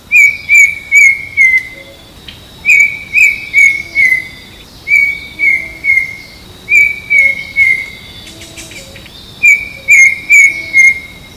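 Bird whistling: clear, steady whistled notes in bursts of three or four, each burst slightly descending, repeated roughly every two seconds, with faint high ticking notes alongside.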